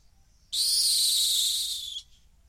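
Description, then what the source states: Rock hyrax giving a single sustained, raspy screech of about one and a half seconds, even in loudness, ending sharply. Calling from the edge of a gorge in the Masai Mara.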